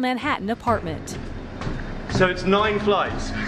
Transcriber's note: the sounds of footsteps on wooden stairs; speaking while climbing the stairs